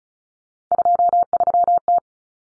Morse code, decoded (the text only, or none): 23T